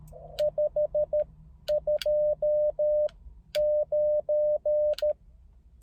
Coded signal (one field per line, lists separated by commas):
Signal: Morse code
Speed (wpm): 13 wpm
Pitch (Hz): 600 Hz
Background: none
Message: 529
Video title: モールス通信 CW 交信の様子【初心者】/ Morse Code QSO on 30m